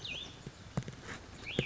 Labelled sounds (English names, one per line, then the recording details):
Cassin's Vireo
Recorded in Sonoma County, California